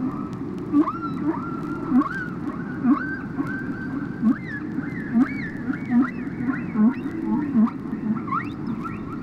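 Whale calls: many short upswept chirps over a steady tonal whine, with lower short grunts repeating throughout against a constant background hiss.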